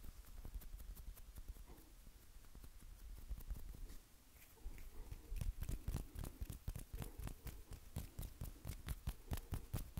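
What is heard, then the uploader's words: Hand sounds: soft rubbing and brushing at first, then a denser run of quick, crisp taps and pats after about five seconds. Hand Sounds That Will Roll To The Back Of Your Head.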